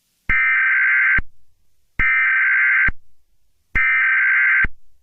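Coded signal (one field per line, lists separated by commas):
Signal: Emergency Alert System (SAME) tones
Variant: header bursts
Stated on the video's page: Fictional scenario.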